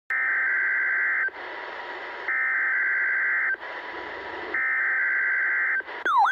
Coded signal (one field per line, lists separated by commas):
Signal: Emergency Alert System (SAME) tones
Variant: header bursts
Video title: EAS #618-619: Required Weekly Test